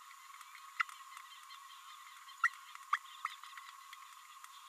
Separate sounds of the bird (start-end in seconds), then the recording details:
0.79-0.82, 2.43-2.48, 2.93-2.97, 3.24-3.27. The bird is a female. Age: 26 days. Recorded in a nest box in Venezuela. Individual 17B32A7